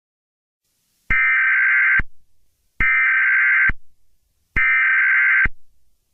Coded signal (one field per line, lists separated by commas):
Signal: Emergency Alert System (SAME) tones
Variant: header bursts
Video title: (BAD GRAMMAR) The First EAS Scenario: “Humanoid Balloon”